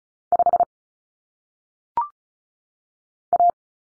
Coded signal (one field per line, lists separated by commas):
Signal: Morse code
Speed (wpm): 34 wpm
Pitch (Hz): 700 Hz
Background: none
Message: 5 A